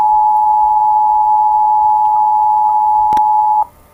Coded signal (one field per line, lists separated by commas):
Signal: Emergency Alert System (SAME) tones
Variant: 853 and 960 Hz attention tone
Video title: (VERY OLD) The Time of Ravagers (EAS Scenario)